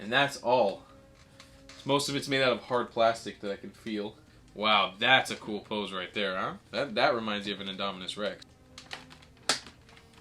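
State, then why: Seated. Someone talks while posing the articulated joints of a large hard-plastic Jurassic World Dominion Giganotosaurus Super Colossal dinosaur action figure. A few faint clicks come near the end, then a joint ratchets and locks into position with a sharp click at 9.5 s. The joint is seated and holds very securely.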